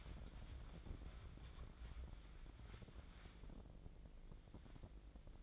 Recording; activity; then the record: daily activity, microphone in the room; wipe stove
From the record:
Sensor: 5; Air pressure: 1012.4 hPa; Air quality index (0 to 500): 158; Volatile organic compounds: 2 ppm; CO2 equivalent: 1074 ppm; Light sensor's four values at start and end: 193/464/197/229 and 195/468/198/229